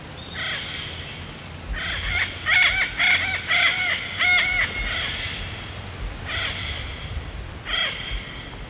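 Yellow-billed parrot harsh squawking calls, a loud burst of rapid, grating notes in the middle, then scattered single squawks later.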